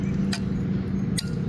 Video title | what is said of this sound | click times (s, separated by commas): Ravin R470 HANDS ON Review--Will I Buy One of These? | There's the click I want to hear. | 0.3 s